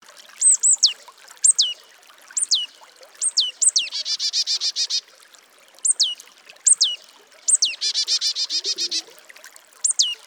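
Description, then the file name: Marsh tit repeating sharp, sweeping high call notes in bursts, twice breaking into a rapid buzzy chatter; quiet background. "Poecile palustris"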